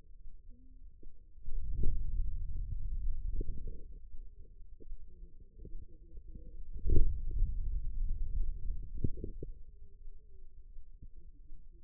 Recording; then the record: forearm muscle sounds (acoustic myography)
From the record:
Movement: hand closing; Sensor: system 2, bracelet of six BSWA MPA416 microphones around the upper forearm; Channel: 4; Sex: female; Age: 25 years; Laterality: right